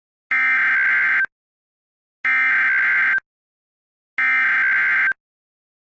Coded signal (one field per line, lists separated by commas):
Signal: Emergency Alert System (SAME) tones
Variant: header bursts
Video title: EAS Scenario: Cartoon Cat